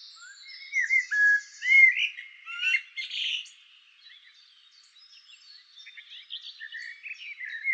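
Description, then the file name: Common blackbird singing a short rich warbled phrase with a squeaky trailing end, then a quieter stretch and more twittering. "Turdus merula"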